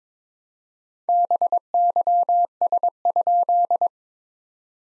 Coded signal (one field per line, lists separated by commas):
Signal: Morse code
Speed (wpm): 22 wpm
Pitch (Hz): 700 Hz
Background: none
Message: BYS?